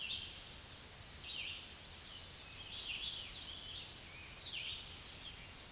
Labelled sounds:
Red-eyed Vireo song

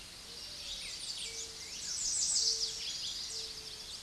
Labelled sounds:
American Redstart song

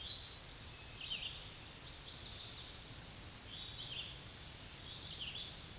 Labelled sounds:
Red-eyed Vireo song

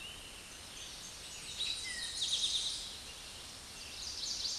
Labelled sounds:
Eastern Towhee song

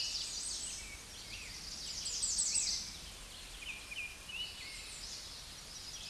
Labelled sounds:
American Redstart song

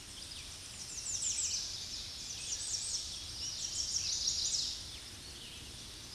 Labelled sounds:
American Redstart song

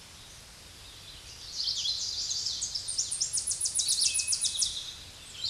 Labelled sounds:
Tennessee Warbler song

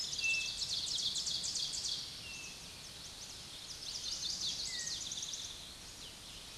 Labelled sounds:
Ovenbird song

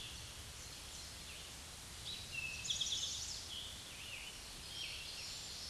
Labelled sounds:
Eastern Towhee song

